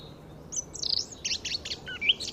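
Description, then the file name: Eurasian blackcap song fragment, a short burst of high scratchy warbling notes followed by a couple of brighter whistled notes, over faint low background hiss. "Sylvia atricapilla"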